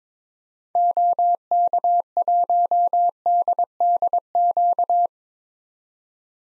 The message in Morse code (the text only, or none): OK1DDQ